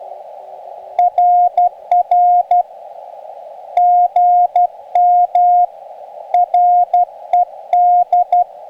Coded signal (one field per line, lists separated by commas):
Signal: Morse code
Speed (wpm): 12 wpm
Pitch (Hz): 710 Hz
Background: radio noise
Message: RR GM RED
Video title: Backpacking with your Ham Radio - Summits on the Air